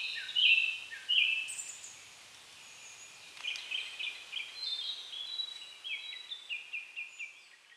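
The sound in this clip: Bird calls: two sharp whistled notes, a pause, then a chattering series of short, repeated whistled notes over soft hiss.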